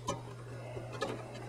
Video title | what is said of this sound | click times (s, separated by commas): DesktopComputerTour.mov | just set them in there till they click into place and | 0.1 s